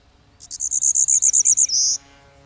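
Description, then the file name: Golden-winged warbler song: a quick run of about a dozen high, evenly spaced buzzy notes, ending in one longer, slightly lower buzz. "Golden winged Warbler Vermivora chrysoptera"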